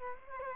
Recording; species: mosquito wingbeat signal from an infrared sensor; Culex quinquefasciatus